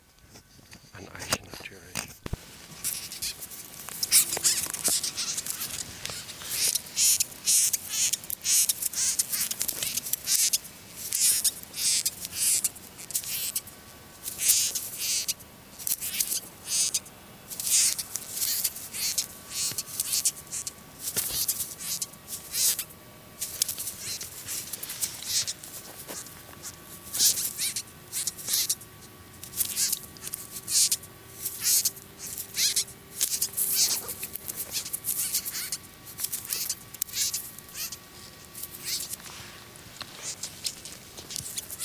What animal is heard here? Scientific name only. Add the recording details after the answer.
Cerambyx cerdo. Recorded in captivity. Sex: male. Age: imago. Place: Berlin, OT Niederschönhausen, Berlin, DE. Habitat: park. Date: 1983-06-04 22:57. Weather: sonnig, 21 °C. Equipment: Nagra SN, Kopie Uher 4000 Monitor Report. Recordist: Tembrock, Günter